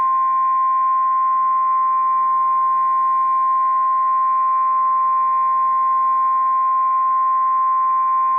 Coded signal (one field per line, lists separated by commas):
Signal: Emergency Alert System (SAME) tones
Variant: 1050 Hz attention tone